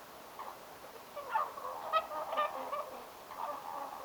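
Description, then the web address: Whooper swan honking calls, several harmonic notes spread throughout, over steady background hiss. Whooper swan family giving close-range sounds and social calls of cygnets at a barn swallow nesting site, 29 October 2025; taken directly from the recorder. "paivat 29 10 2025 haarapaaskysen pesapaikan laulujoutsenpesue aantelee lahiaania sosiaalisia poikasten aantelyja suoraan aanittimesta"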